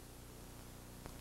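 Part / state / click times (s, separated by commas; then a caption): exhaust duct into vacuum cleaner base pan casting / seated / 1.1 s. A plastic exhaust duct on a Kirby G3/G4 vacuum cleaner is slid down into the base pan casting against steady broadband hiss and a low hum. A single sharp snap at 1.1 s marks the duct seating into position.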